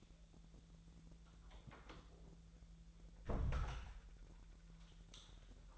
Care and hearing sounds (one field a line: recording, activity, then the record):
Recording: daily activity, microphone in the room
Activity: close door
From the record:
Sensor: 3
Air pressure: 1001.4 hPa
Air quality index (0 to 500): 249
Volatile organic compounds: 149 ppm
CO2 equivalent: 4018 ppm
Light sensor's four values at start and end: 10/25/10/10 and 11/25/10/10